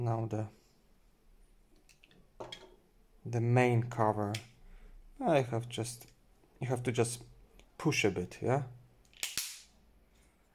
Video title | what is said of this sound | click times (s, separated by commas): Toyota - key fob / keyless / remote control - battery change/replacement (Auris) | after this click sound it's almost ready | 9.2 s